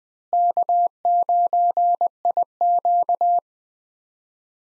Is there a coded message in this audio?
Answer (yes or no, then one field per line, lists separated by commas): yes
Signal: Morse code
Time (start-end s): 0.3-3.4 s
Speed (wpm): 20 wpm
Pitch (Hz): 700 Hz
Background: none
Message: K9IQ